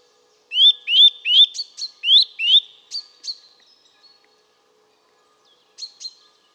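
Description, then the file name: Eurasian nuthatch calls: loud rising whistled notes repeated about every third of a second, followed by softer short notes and a brief pair near the end. "Sitta europaea"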